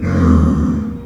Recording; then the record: squeal of a Yucatan mini pig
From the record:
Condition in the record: after surgery on the right vocal fold (resection and tissue-engineered implant); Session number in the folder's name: 16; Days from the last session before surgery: 183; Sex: female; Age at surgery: 19 weeks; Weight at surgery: 25 kg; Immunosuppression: prednisolone